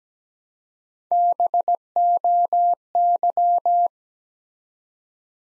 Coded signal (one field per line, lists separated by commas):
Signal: Morse code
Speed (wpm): 17 wpm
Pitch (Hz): 700 Hz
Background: none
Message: BOY